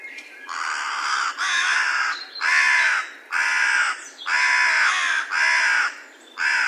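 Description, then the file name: Carrion crow delivering a steady, almost continuous series of about seven coarse, rasping caws, each lasting under a second. "Corvus corone"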